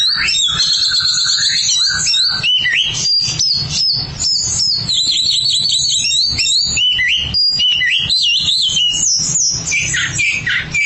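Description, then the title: Oriental magpie-robin song: rapid, varied whistled phrases and sharp chirps follow one another without pause over a faint low hum. "Suara Kicauan Burung Kacer"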